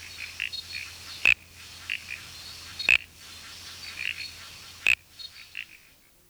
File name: Uperoleia mimula